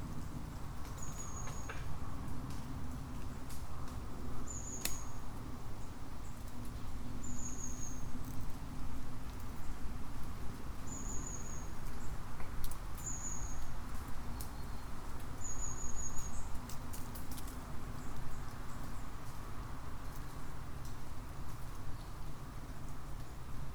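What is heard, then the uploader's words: Woodland in acorn season: a dense, steady crackle and patter of small particles fills the air, with occasional sharper ticks as acorns land. A low rumble sits underneath, and a thin, high bird call repeats every few seconds throughout. Acorns Dropping. Acorn season in a woodland in northern Germany leads to lots of nice natural particle noise.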